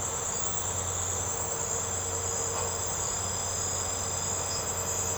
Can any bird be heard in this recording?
no